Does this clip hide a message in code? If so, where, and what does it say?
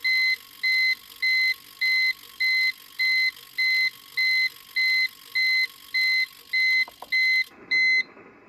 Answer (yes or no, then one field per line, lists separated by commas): no